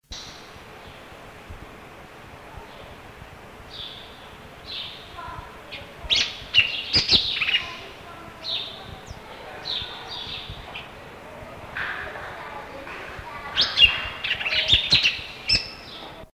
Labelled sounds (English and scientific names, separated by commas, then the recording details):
Red-billed Leiothrix (Leiothrix lutea) song
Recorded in captivity
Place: Zoo Rotterdam, Zuid-Holland, NL
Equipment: Halbspur, 9,5 cm/s
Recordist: Lütgens, Hans
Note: Gesang